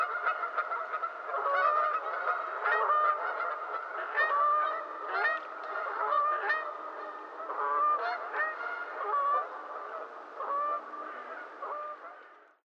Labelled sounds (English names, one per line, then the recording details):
Canada Goose
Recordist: Frommolt, Karl-Heinz
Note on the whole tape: Gruppe: Rufe vor und beim Abflug